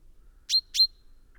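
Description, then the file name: Common chaffinch call, two bright, clipped high notes given a quarter-second apart. "Fringilla coelebs"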